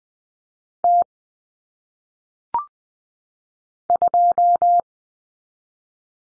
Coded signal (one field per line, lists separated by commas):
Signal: Morse code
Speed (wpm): 20 wpm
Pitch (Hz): 700 Hz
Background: none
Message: T 2